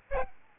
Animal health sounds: mosquito wingbeat signal from an infrared sensor; Aedes albopictus

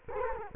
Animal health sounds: mosquito wingbeat signal from an infrared sensor; Culex quinquefasciatus

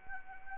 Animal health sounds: mosquito wingbeat signal from an infrared sensor; Anopheles arabiensis

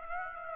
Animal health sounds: mosquito wingbeat signal from an infrared sensor; Aedes aegypti

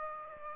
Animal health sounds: mosquito wingbeat signal from an infrared sensor; Aedes aegypti

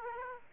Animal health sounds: mosquito wingbeat signal from an infrared sensor; Aedes aegypti

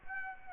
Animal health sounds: mosquito wingbeat signal from an infrared sensor; Aedes aegypti

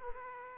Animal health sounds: mosquito wingbeat signal from an infrared sensor; Aedes aegypti

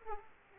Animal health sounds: mosquito wingbeat signal from an infrared sensor; Aedes aegypti

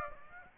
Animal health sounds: mosquito wingbeat signal from an infrared sensor; Aedes aegypti

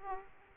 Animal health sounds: mosquito wingbeat signal from an infrared sensor; Aedes aegypti

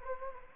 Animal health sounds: mosquito wingbeat signal from an infrared sensor; Anopheles gambiae

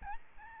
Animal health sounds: mosquito wingbeat signal from an infrared sensor; Aedes albopictus

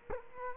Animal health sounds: mosquito wingbeat signal from an infrared sensor; Culex quinquefasciatus

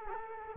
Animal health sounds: mosquito wingbeat signal from an infrared sensor; Culex quinquefasciatus

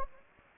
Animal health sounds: mosquito wingbeat signal from an infrared sensor; Anopheles gambiae

